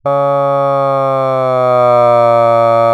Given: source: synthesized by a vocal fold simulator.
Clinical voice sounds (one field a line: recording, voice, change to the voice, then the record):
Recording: sustained vowel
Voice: male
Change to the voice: asymmetry, level 9 of 51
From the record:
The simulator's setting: 1.80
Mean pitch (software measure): 128 Hz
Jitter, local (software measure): 0.18%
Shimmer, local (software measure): 1.1%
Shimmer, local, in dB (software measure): 0.11 dB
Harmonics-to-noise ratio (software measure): 34.5 dB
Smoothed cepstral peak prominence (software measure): 24.9 dB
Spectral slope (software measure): -17.0 dB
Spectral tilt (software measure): -12.4 dB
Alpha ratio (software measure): -7.5 dB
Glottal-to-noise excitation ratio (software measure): 0.981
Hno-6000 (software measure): 2.5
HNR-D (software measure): 31.7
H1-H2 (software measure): 4.2 dB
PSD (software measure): 5.8e-04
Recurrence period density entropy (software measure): 0.110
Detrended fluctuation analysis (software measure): 0.0530